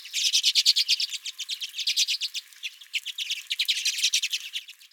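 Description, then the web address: Redpoll calls, rapid buzzy chattering notes in fast series, pausing briefly midway then resuming. "radio Redpolls"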